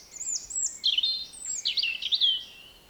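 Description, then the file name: European robin delivering a rapid, high-pitched warbling phrase of varied trills and liquid whistles that rise and fall. "Erithacus rubecula"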